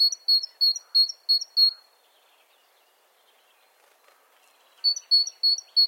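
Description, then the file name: Great tit song: bright two-note phrases repeated quickly about six times, a pause of a few seconds, then the same ringing phrase resumes. "Parus major"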